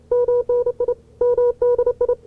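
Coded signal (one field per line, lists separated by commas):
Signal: Morse code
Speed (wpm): 30 wpm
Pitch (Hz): 490 Hz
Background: none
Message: MNI MDI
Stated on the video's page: Archival CW contact from 1970.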